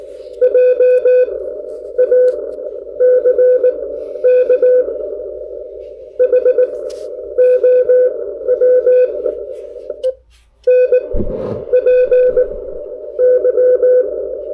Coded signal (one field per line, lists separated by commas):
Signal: Morse code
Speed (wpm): 19 wpm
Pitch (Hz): 500 Hz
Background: none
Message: JACK HOWEN PY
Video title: Reviewing a New Ham Radio Accessory For All Hams